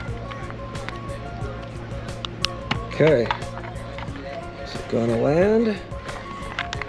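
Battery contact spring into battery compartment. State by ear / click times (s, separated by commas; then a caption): not seated / none. A replacement battery spring contact is pushed into a slit cut in the plastic battery compartment of a singing-fish toy, to lock it into the slot. Over background music, someone talks while small handling ticks and taps are heard. Nothing has seated or clicked yet.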